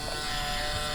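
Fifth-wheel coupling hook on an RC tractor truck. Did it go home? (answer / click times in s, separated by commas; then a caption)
no / none. The fifth-wheel coupling hook on a 1/18 scale Scania RC tractor truck is being driven back toward its locked position. A steady, even buzzing hum runs through the whole second with no sharp hits. The hook is still being handled and has not seated or clicked yet.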